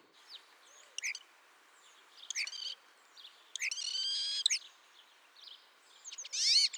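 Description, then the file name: Common starling song, scattered clicks and rattles with a sustained harsh buzzy phrase and a wheezy burst at the end. "Spreeuw"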